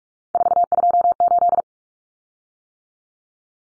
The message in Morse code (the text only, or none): 428